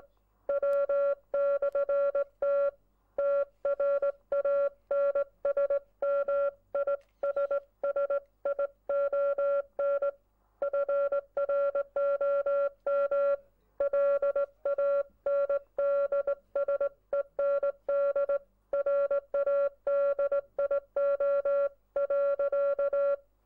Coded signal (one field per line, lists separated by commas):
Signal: Morse code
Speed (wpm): 19 wpm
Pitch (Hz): 560 Hz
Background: none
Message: W/T TRANSMISSION FROM LANDSEND RADIO.